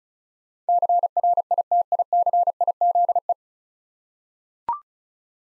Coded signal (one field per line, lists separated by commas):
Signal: Morse code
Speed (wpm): 35 wpm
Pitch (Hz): 700 Hz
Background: none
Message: CRITICIZE